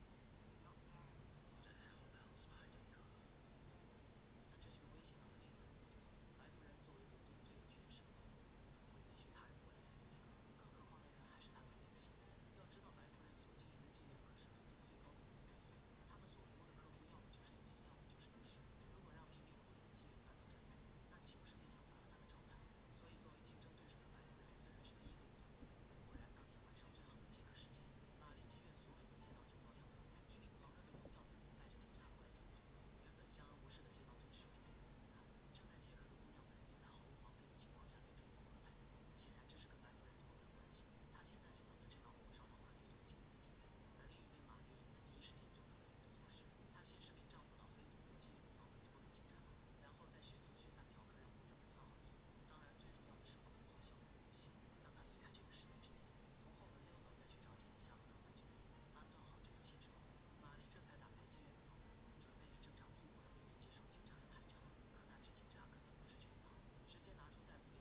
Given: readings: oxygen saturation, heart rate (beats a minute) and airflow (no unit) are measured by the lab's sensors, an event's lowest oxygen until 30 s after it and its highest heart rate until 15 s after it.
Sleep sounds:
a person awake in a sleep study, by a voice recorder at the bedside; none
0.00-67.81 s: awake
0.00-67.81 s: awake
From the record:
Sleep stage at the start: awake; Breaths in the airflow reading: 26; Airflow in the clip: -0.7 to 0.7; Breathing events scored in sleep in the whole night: 496 in 5.4 hours asleep

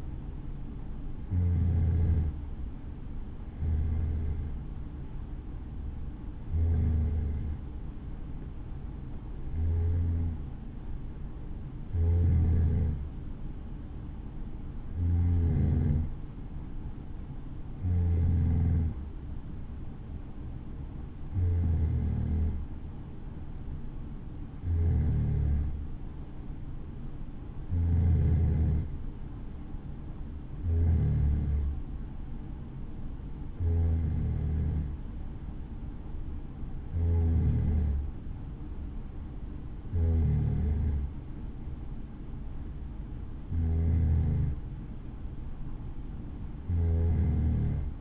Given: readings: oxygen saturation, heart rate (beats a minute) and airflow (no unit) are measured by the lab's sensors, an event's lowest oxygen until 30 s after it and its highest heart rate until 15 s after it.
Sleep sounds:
breathing in sleep by a smartphone at the bedside; none
none scored
From the record:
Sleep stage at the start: N3 (deep sleep); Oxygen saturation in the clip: 93 to 94%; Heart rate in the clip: 61 to 66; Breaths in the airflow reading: 16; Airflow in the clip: -5.2 to 5.0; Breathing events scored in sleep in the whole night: 216 in 7.0 hours asleep

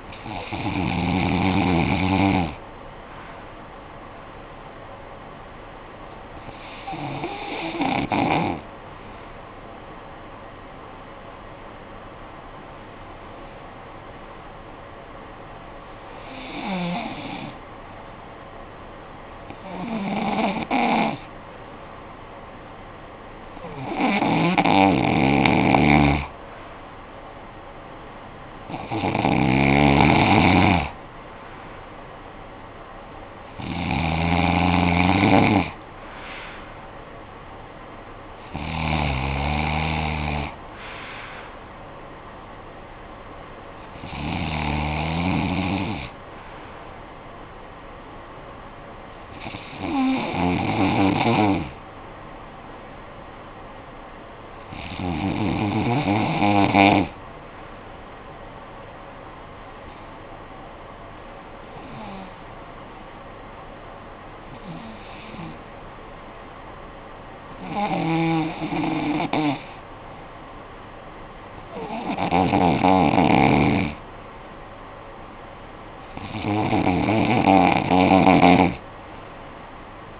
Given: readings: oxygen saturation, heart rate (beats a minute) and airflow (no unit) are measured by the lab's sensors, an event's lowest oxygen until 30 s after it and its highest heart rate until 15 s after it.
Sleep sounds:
breathing in sleep by a voice recorder at the bedside; 2
8.00-23.50 s: hypopnea (REM, oxygen 96% highest, then 91% lowest, heart rate 56 at the start, 64 highest)
54.00-73.50 s: hypopnea (REM, oxygen 96% highest, then 90% lowest, heart rate 57 at the start, 65 highest)
From the record:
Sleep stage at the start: REM sleep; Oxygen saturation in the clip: 91 to 96%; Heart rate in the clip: 55 to 69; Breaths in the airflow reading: 18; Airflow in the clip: -13.6 to 8.5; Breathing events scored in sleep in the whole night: 445 in 7.6 hours asleep

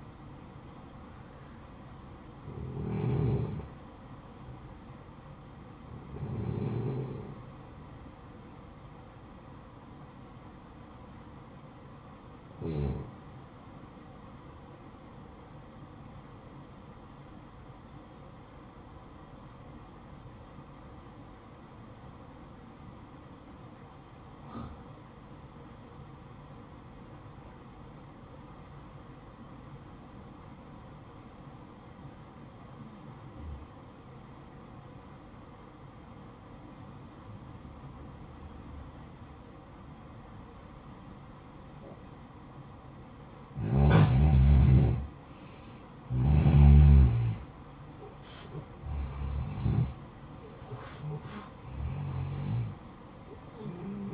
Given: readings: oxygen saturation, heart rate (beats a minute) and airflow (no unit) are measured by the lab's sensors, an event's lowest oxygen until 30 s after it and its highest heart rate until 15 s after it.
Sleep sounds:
breathing in sleep by a smartphone at the bedside; 1
18.00-42.60 s: obstructive apnea (N1, oxygen 95% highest, then 87% lowest, heart rate 58 at the start, 71 highest)
From the record:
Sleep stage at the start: N1 (lightest sleep); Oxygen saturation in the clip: 87 to 95%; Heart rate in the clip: 54 to 71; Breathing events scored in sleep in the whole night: 573 in 9.8 hours asleep

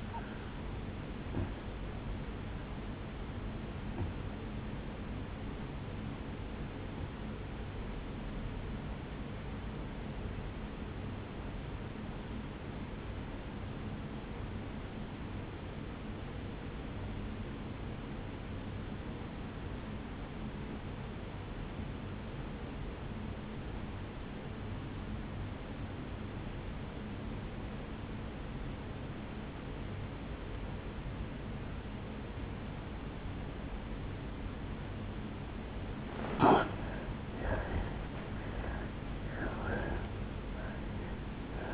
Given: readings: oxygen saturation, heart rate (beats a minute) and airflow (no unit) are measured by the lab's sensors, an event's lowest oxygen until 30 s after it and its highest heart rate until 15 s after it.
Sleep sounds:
breathing in sleep by a voice recorder at the bedside; 1
9.00-37.10 s: obstructive apnea (N1, oxygen 96% highest, then 82% lowest, heart rate 60 at the start, 76 highest)
17.00-41.74 s: new sleep stage, N2 (light sleep)
From the record:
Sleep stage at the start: N1 (lightest sleep); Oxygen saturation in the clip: 82 to 96%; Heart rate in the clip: 55 to 74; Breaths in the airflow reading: 3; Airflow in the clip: -7.1 to 15.0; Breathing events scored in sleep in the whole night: 449 in 7.0 hours asleep

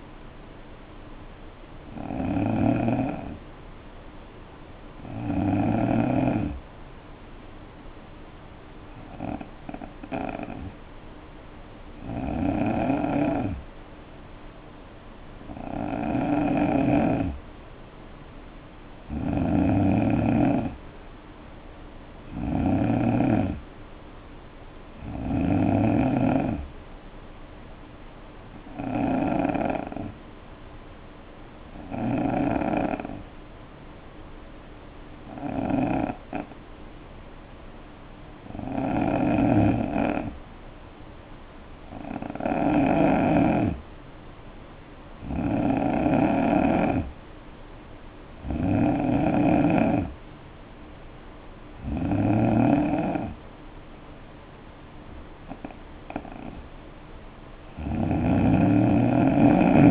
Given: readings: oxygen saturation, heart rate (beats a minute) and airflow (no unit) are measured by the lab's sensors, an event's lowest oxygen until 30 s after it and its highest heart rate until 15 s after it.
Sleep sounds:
breathing in sleep by a voice recorder at the bedside; 2
9.00-22.30 s: hypopnea (N3, oxygen 92% highest, then 86% lowest, heart rate 60 at the start, 66 highest)
32.00-45.10 s: hypopnea (N3, oxygen 92% highest, then 86% lowest, heart rate 61 at the start, 69 highest)
From the record:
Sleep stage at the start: N3 (deep sleep); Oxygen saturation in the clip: 86 to 92%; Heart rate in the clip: 58 to 69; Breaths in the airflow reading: 16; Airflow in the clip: -6.2 to 5.2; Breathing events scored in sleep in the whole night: 520 in 7.2 hours asleep

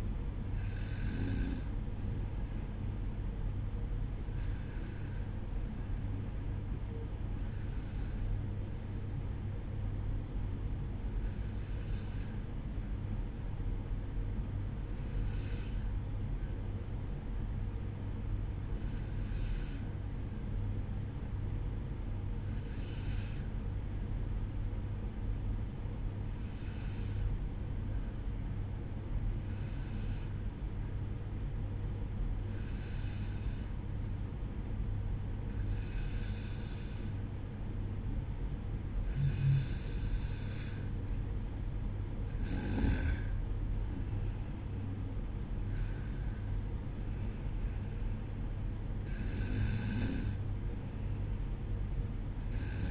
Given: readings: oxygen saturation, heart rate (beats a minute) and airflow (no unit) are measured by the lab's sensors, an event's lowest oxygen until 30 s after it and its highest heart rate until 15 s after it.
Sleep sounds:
breathing in sleep by a smartphone at the bedside; 1
9.00-42.10 s: hypopnea (N1, oxygen 95% highest, then 93% lowest, heart rate 59 at the start, 63 highest)
24.00-52.91 s: new sleep stage, N2 (light sleep)
From the record:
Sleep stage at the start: N1 (lightest sleep); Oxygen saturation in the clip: 93 to 95%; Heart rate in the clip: 58 to 63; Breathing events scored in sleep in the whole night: 305 in 9.6 hours asleep

